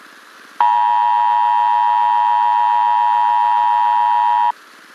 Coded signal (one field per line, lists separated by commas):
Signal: Emergency Alert System (SAME) tones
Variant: 853 and 960 Hz attention tone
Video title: EAS Warning Interrupts Baby Looney Tunes